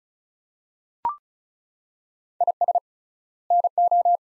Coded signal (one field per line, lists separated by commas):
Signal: Morse code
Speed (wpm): 36 wpm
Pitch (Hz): 700 Hz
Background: none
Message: IS NO